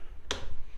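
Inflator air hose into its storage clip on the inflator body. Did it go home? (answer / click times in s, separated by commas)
yes / 0.3 s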